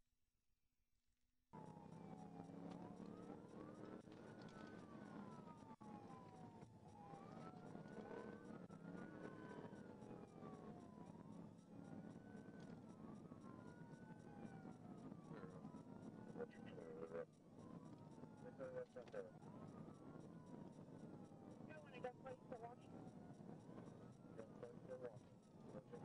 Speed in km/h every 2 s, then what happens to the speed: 97, 113, 106, 103, 116, 132, 132, 130, 140, 134, 142, 145, 148.
6-26 speeds up to 148.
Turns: none.